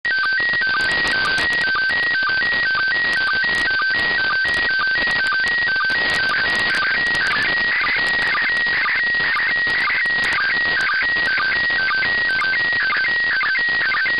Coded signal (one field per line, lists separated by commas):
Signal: SSTV (slow-scan television)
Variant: PD 120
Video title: Receiving SSTV from the International Space Station - 14 April 2018